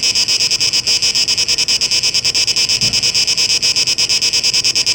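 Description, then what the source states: Cicada buzz, shrill and continuous, rapidly pulsing, with a brief low thump near the middle. Tape mix and tape echo mix version, dated 17 August 2023.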